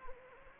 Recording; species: mosquito wingbeat signal from an infrared sensor; Anopheles gambiae